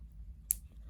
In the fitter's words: there we go a couple of satisfying clicks